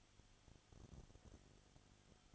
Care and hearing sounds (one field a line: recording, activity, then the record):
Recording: daily activity, microphone in the room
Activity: no activity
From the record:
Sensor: 4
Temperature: 22.7 degrees Celsius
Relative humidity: 31.7%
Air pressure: 995.4 hPa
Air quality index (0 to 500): 158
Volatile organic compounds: 2 ppm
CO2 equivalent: 1252 ppm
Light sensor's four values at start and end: 2/3/1/1 and 2/3/1/1